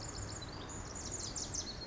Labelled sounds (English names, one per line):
Pacific Wren